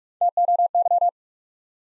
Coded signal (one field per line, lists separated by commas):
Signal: Morse code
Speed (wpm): 44 wpm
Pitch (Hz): 700 Hz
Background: none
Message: T O Y